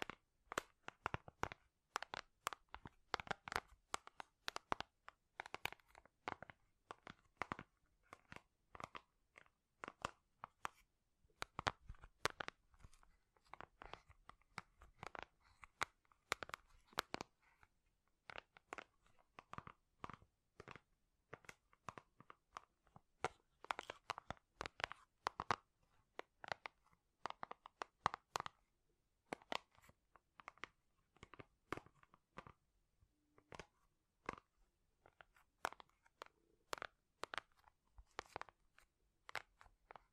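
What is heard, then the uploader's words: Rapid tapping runs through all forty seconds, sharp crisp clicks in dense irregular bursts with brief pauses, some hits sounding crunchy. ASMR Great Tapping Sounds for Sleep (No Talking).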